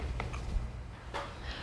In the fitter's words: is all of these pieces just snap right into place